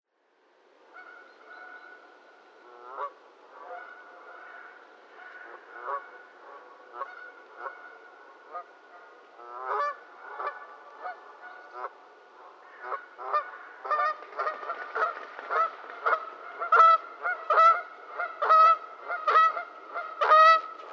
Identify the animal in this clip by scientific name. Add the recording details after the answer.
Branta canadensis. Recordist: Frommolt, Karl-Heinz